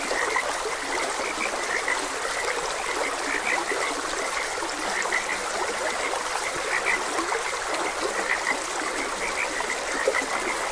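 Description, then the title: Frog chorus of many small chirping calls overlapping steadily throughout, over a constant trickling stream. Frogs croaking beside a gentle stream. "Gentle Stream and Frogs Croaking"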